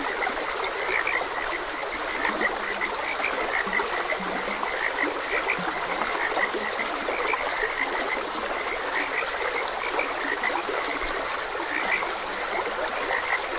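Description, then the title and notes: Frogs croaking in a dense chorus, short bright notes overlapping constantly, over a steady rush of flowing water. Frogs croaking beside a gentle stream. "Gentle Stream and Frogs Croaking. Sleep and Relaxation Podcast"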